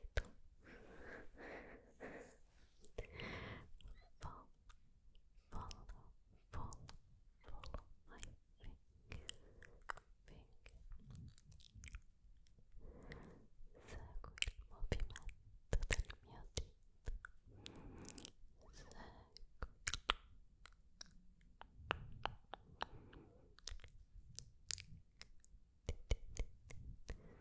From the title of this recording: UNINTELLIGIBLE WHISPERS and HANDS MOVEMENT